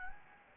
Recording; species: mosquito wingbeat signal from an infrared sensor; Anopheles gambiae